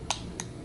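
Pressing the release on the locking mechanism of the plastic kickstand on a Pelican Voyager case for a Samsung Galaxy S10E gives two short, light clicks at 0.1 s and 0.4 s over a quiet background. The kickstand clicks open easily, with no big latching sound.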